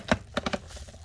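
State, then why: Not seated. Mirror glass for the left side rearview mirror of a 2018–2021 Honda Odyssey is handled and pressed toward its mount in the plastic side-mirror housing. A few short, sharp taps and knocks are heard, with the loudest near 0.1 and 0.4 seconds and more around 0.5 and 1.1 seconds. The glass has not seated or clicked into the housing yet.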